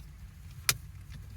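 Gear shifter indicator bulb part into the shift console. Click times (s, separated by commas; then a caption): 0.7 s. After the Honda Civic gear shifter indicator bulb is replaced, the plastic shifter indicator piece is pushed back into the shift console. At 0.7 s it gives a single sharp, bright snap over a low, steady background rumble, and the piece seats back in place.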